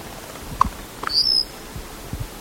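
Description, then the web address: White-winged black tyrant song: a single tick, a pair of soft clicks, and a brief high, squeaky note, with faint low thumps after. "cantos viudicomun"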